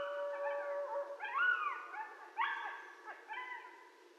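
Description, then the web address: Coyotes in a yipping chorus, with wavering, arching yips and short howls overlapping one another. Coyotes calling at night, 12 November 2012. "Coyote 2012 11 12 Coyotes. night-sounds-pt-5-coyotes"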